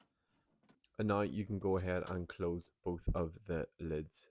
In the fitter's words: Glide it in here and then give it one firm press until you hear it click into place.